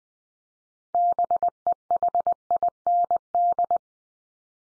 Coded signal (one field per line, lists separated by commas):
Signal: Morse code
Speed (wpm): 20 wpm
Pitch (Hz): 700 Hz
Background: none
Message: BEHIND